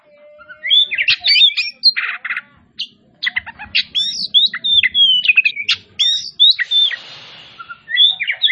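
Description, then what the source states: Oriental magpie-robin singing a rich, varied song of sharp whistles, slurred notes and buzzy chatters, delivered in rapid bursts with brief pauses; faint low hum in the background. Kacer Tretes, described as gacor (singing vigorously).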